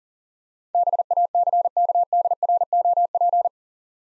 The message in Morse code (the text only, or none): BACKDROP